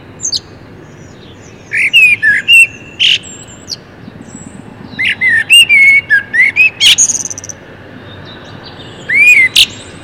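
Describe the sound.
Common blackbird singing, mellow fluted whistles followed by thin, squeaky high twitters, delivered in separate phrases with quiet pauses between.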